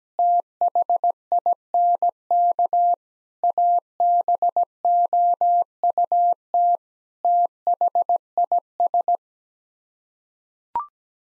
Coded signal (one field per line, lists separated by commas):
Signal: Morse code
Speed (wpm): 17 wpm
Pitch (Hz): 700 Hz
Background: none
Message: THINK ABOUT THIS